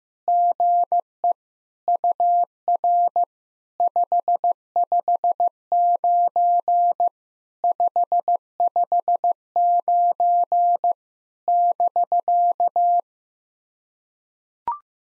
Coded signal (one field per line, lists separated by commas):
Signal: Morse code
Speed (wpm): 15 wpm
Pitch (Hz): 700 Hz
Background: none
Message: GE UR 559 559 <BK>